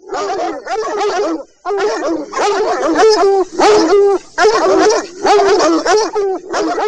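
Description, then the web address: Dogs howling and whining together in wavering, harmonic wails, broken by short pauses, with yelping cries overlapping throughout. "Sounds Halloween Disney The Dogs"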